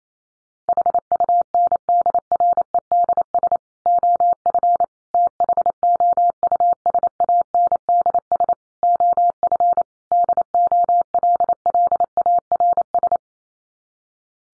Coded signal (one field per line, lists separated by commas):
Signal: Morse code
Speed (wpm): 28 wpm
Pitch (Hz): 700 Hz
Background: none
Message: HUNDREDS OF THOUSANDS OF DOLLARS